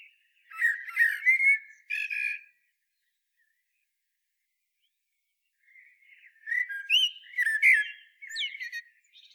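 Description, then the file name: Common blackbird: a loud warbled twittering phrase, several seconds of silence, then a longer rich phrase of fluted and squeaky notes. "Turdus merula"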